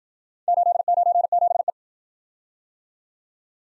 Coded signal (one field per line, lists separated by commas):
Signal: Morse code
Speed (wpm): 56 wpm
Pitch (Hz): 700 Hz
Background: none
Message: 897E